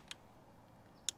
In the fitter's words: the maximum amount. You can see the whole body will click.